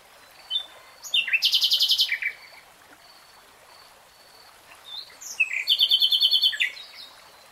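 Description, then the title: Nightingale song in two phrases, each a short lead-in of notes followed by a loud, fast, rattling trill, with a pause between. Singing, in real time. "[Tiếng chim hót] Nightingale Singing"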